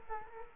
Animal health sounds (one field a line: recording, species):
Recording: mosquito wingbeat signal from an infrared sensor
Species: Culex quinquefasciatus